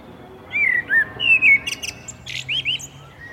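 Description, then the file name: Common blackbird singing mellow, slurred whistled notes, followed by a short high scratchy flourish and two more fluty notes. "Turdus merula"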